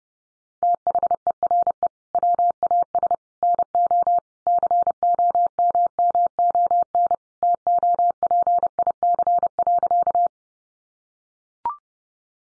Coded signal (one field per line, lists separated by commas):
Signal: Morse code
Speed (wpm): 30 wpm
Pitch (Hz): 700 Hz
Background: none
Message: THERE WAS NO COMMON TOPIC.